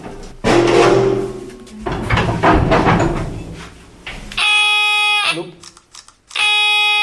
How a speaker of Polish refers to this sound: Dźwiękowy sygnał. Urządzenie do identyfikacji promieniowania.